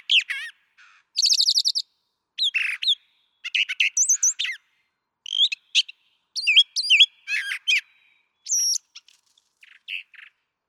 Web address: songs Brown Thrasher